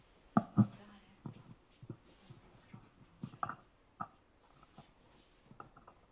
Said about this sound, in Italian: È difficile girare le pagine con il microfono, scusate.